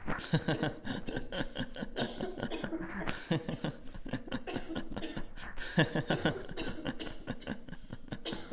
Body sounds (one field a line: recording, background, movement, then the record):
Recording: laughter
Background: a bystander coughing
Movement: sitting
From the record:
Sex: male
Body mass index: 22.0 kg/m2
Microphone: on the chest, facing the body